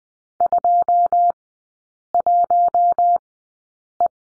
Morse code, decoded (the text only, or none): 21E